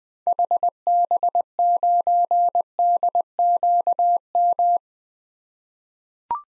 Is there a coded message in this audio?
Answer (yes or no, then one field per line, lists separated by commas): yes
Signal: Morse code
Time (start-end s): 0.3-4.8 s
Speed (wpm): 20 wpm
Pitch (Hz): 700 Hz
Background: none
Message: HB9DQM